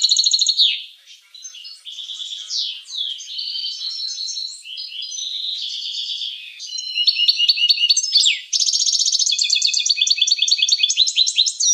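Finch song: an almost unbroken medley of buzzy trills, downward sweeps and rapid repeated chirps.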